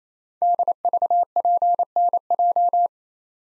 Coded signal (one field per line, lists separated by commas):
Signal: Morse code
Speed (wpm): 29 wpm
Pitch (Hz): 700 Hz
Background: none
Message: DVPNJ